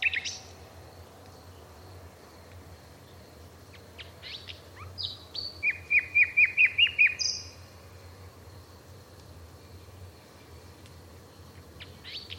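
Bird song: a few scattered sharp chirps, then a quick run of several bright, even notes near the middle, with a low steady hum underneath.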